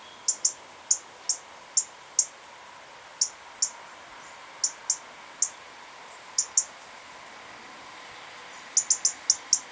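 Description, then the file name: European robin calls: many sharp, very high ticks given singly and in quick pairs or runs, with pauses between, over a faint steady background hiss. "Erithacus rubecula"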